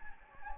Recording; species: mosquito wingbeat signal from an infrared sensor; Anopheles gambiae